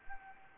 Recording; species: mosquito wingbeat signal from an infrared sensor; Anopheles gambiae